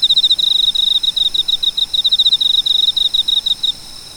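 Cricket producing a continuous series of sharp, high-pitched pulsed chirps that stop shortly before the end.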